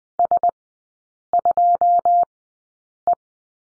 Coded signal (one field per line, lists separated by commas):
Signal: Morse code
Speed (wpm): 20 wpm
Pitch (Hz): 700 Hz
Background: none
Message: S2E